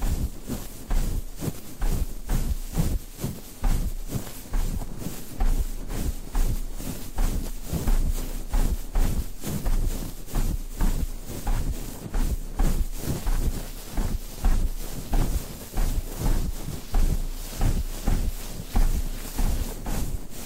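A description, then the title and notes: Rhythmic brushing against a microphone, a steady series of soft scraping strokes repeating roughly two or three times per second for the full twenty seconds. Each stroke has a low thump with a hissy edge, and the pace stays even without pauses. ASMR Rhythmic Mic Brushing (No Talking).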